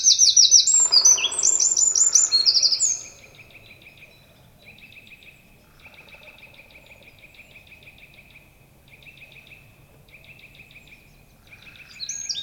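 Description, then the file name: Eurasian wren song: a loud, rapid burst of high trills and rattles for about three seconds, then a faint, steady repeated chirping underneath until a short loud return at the end. "Troglodytes troglodytes"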